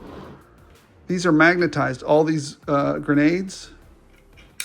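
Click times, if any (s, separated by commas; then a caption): 4.6 s. A small magnetized plastic grenade accessory is put onto action figure gear and snaps into place. Someone talks over low background noise, then a sharp, short magnetic click sounds at 4.6 s as the grenade seats.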